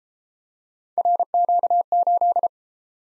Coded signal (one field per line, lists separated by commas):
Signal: Morse code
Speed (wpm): 32 wpm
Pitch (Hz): 700 Hz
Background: none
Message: RQ8